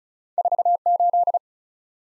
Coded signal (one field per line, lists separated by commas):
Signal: Morse code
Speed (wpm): 36 wpm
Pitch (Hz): 700 Hz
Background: none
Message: 48